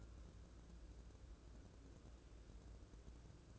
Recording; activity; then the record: daily activity, microphone in the room; take from stove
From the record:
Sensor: 2